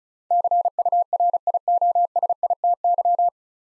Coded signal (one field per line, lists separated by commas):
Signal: Morse code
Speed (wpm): 36 wpm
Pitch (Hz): 700 Hz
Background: none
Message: CURIOSITY